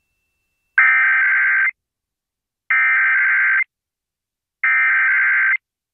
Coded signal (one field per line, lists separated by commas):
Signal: Emergency Alert System (SAME) tones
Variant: header bursts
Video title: April Weekend Tests Finale (EAS #17627-17633) 4/27-28/24